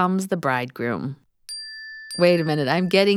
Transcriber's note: ding